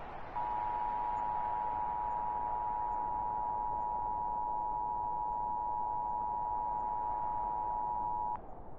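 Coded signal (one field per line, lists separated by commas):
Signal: Emergency Alert System (SAME) tones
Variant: 853 and 960 Hz attention tone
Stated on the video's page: Simulated EAS nuclear disaster scenario for New York state.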